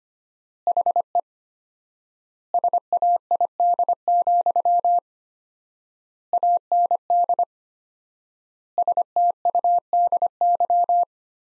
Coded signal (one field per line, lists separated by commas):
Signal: Morse code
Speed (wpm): 25 wpm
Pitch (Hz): 700 Hz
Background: none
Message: HE SAID, AND STUDY